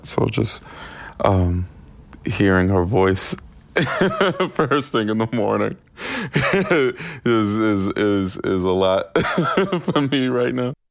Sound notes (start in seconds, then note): 3.8 laughter; 9.1 laughter